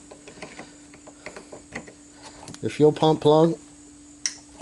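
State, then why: Seated. A fuel pump electrical plug is pushed onto the connector of an SRT4 fuel pump module during installation, with faint handling ticks under a steady tone while someone talks. A sharp snap at 4.3 s marks the plug seating and locking in place.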